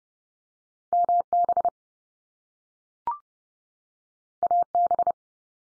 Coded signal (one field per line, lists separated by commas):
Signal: Morse code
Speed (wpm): 30 wpm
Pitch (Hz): 700 Hz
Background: none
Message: MB AB